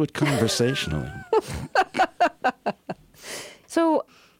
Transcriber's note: laughter